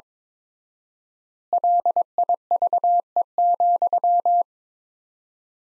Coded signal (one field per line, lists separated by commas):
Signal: Morse code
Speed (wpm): 22 wpm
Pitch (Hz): 700 Hz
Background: none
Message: LIVE,